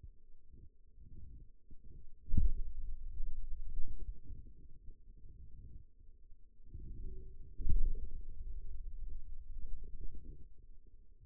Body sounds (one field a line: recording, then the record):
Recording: forearm muscle sounds (acoustic myography)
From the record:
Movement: pen grasping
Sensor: system 2, bracelet of six BSWA MPA416 microphones around the upper forearm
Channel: 3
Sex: male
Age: 22 years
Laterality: right